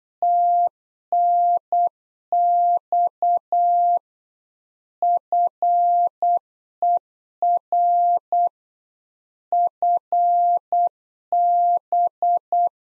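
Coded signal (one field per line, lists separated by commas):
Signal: Morse code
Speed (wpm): 8 wpm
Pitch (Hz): 700 Hz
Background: none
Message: TNX FER FB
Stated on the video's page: Practice QSO lesson at 8 wpm, one side of a complete exchange; each segment sent in Morse, spoken, then sent again.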